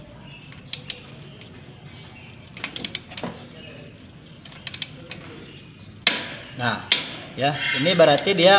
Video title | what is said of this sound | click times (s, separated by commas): PDTO | mengencangkannya nanti kalau misalkan ini sudah kencang disini bakal ada sinyal bunyi teki ya seperti itu | 6.1 s